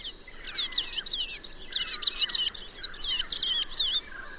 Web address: spark bird dara wilson and the blue gray tanager